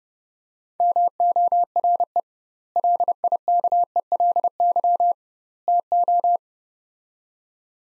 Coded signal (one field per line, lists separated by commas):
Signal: Morse code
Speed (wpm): 30 wpm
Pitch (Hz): 700 Hz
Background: none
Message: MORE LIKELY TO